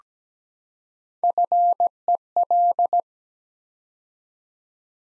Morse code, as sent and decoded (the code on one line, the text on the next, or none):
..-. . .-..
FEL